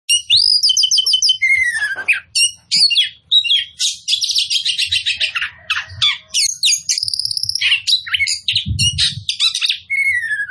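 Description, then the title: Oriental magpie-robin song, a long loud sequence of high whistles, rattling trills and buzzy chatter with descending slurs, nearly unbroken; a low thud near the end. Described as in full, vigorous song. "Kacer Poci Gacor"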